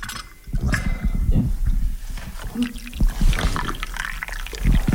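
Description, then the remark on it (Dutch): Coffee is poured into a cup, a steady, splashy trickle of liquid that rises and falls in loudness over a few seconds, with faint knocks and clinks mixed in. “Tijdens het inschenken van een kopje koffie voor mij...”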